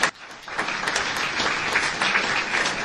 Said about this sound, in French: Et je voudrais honorer la mémoire de cette dame, c'était une grande dame, sur ses hauts talons, 1m60 ou 1m56, mais c'était vraiment une grande dame et je voudrais qu'on l'applaudisse ce soir.